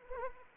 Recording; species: mosquito wingbeat signal from an infrared sensor; Anopheles arabiensis